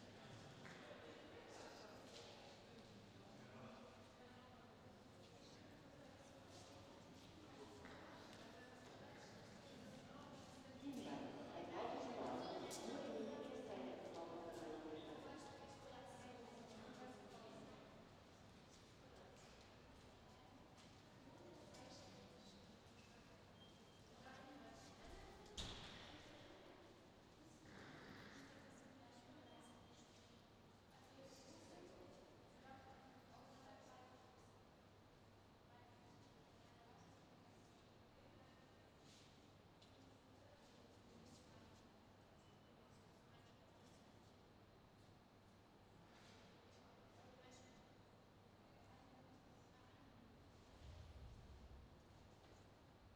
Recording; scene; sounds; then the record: everyday scene through a hearing-aid microphone; reverberant space; background noise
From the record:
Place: railway station hall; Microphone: in the ear canal, left